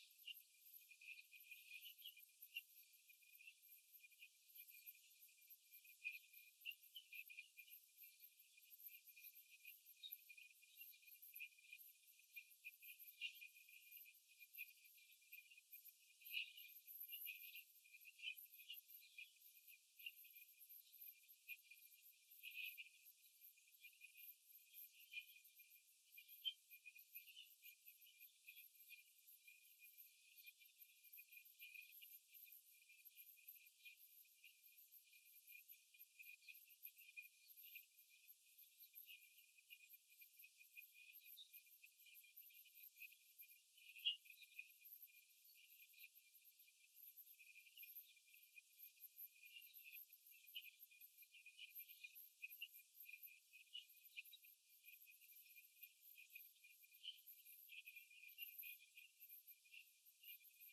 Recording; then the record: young laying hens in a cage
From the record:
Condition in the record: after the stressor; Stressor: simulated dog barking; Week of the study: 3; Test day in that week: 2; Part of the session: 2